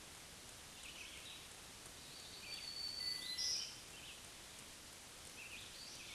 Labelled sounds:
Black-throated Green Warbler song

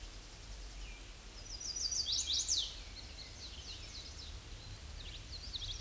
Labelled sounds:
Chestnut-sided Warbler song

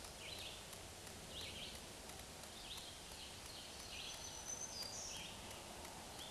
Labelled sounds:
Black-throated Green Warbler song

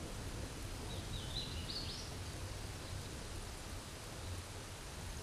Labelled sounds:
Hooded Warbler song

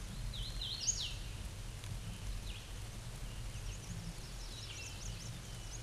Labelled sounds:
Hooded Warbler song

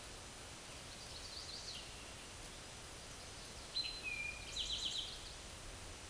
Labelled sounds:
Eastern Towhee song

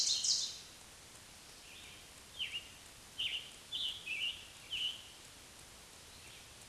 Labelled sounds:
Scarlet Tanager song

